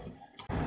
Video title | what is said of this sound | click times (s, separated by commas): How to remove Tiguan/Passat Headrest? | there is a click sound | 0.4 s